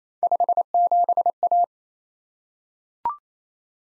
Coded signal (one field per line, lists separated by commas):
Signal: Morse code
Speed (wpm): 28 wpm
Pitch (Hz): 700 Hz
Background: none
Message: 57A